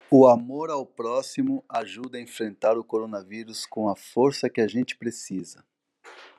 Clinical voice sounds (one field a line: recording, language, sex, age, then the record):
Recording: spoken sentence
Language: Brazilian Portuguese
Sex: male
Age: 40 to 49 years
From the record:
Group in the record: control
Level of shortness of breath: 0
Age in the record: 40 years